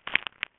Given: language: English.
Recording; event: throat vibration sensor signal played as sound; swallow